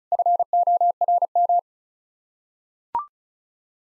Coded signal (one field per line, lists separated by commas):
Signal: Morse code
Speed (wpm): 36 wpm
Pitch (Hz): 700 Hz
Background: none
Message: FORM